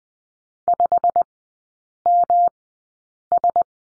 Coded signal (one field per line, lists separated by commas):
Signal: Morse code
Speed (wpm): 20 wpm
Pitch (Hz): 700 Hz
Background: none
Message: 5MS